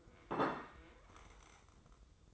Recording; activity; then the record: daily activity, microphone in the room; place plate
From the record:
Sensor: 3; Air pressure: 995.2 hPa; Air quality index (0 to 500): 75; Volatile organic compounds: 5 ppm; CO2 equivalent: 1760 ppm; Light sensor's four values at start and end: 15/44/18/15 and 15/45/19/15